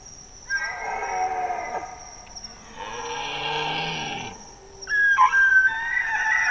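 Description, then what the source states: Bactrian deer calls: a long harmonic moan with low falling undertones, then a loud, strained high whistled call at the end, with a constant high-pitched hum behind. Male.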